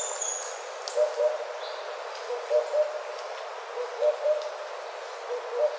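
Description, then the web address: Oriental cuckoo calling, low hollow paired hoots repeated about every one and a half seconds, with faint high bird notes and a steady background hiss. Recorded on 4 June 2013. "birdenaga tutudori 130604"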